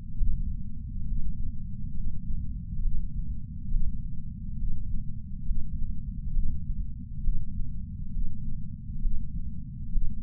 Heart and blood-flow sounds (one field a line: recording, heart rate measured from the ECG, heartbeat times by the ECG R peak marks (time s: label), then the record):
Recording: heart sounds by patch sensor on the chest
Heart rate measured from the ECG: 68 bpm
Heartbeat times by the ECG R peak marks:
0.16 s: heartbeat
1.06 s: heartbeat
1.93 s: heartbeat
2.81 s: heartbeat
3.69 s: heartbeat
4.58 s: heartbeat
5.44 s: heartbeat
6.32 s: heartbeat
7.22 s: heartbeat
8.12 s: heartbeat
9.00 s: heartbeat
9.91 s: heartbeat
From the record:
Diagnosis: coronary artery disease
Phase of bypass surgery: preoperative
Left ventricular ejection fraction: 61.7%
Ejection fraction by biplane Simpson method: 55%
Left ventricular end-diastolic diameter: 51 mm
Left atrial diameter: 36 mm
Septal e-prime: 7.9 cm/s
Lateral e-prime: 10.3 cm/s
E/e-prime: 9.8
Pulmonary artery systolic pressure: 23 mmHg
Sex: male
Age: 58 years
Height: 160 cm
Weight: 70 kg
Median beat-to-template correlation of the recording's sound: 0.83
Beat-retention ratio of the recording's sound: 0.99